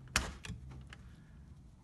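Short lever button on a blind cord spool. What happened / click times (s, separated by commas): The small plastic lever button snapped out of its spool / 0.2 s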